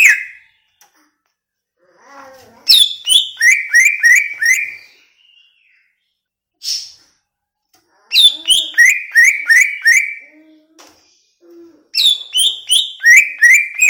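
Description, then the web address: Greater green leafbird song: rhythmic series of several emphatic falling whistles, repeated in three bursts with quiet gaps and faint low calls between. Cucak ijo from Banyuwangi, described as gacor. "cucak-ijo suara-cucak-ijo-banyuwangi-gacor"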